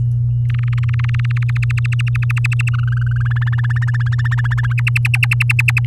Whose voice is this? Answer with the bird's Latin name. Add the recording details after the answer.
Serinus canaria. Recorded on 7 May 2018 at 14:52. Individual llb16